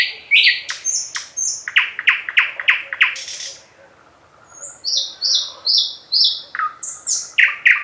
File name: Słowik szary